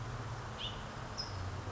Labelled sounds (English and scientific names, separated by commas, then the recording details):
California Towhee (Melozone crissalis)
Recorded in Sonoma County, California